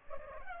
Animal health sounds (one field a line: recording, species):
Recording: mosquito wingbeat signal from an infrared sensor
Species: Culex pipiens